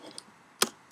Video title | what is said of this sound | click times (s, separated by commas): How To: Removing/Replacing Keys on a MacBook Pro Keyboard | push down and then pull back, and then almost in the same time push forward, and you'll hear it snap back in. | 0.6 s